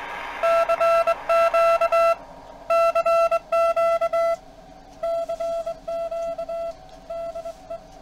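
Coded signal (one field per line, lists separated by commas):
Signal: Morse code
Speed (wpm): 22 wpm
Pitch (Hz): 670 Hz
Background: none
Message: CQ CQ CQ DE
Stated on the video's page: CW received through a homemade switched capacitor audio filter in a bench test.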